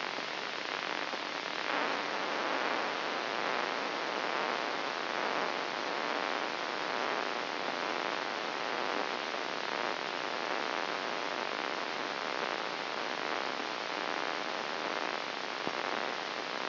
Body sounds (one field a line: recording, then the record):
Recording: brain microelectrode recording played as sound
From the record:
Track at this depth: outside the subthalamic nucleus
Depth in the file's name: 5.898 mm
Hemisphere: left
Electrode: 3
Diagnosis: Parkinson's disease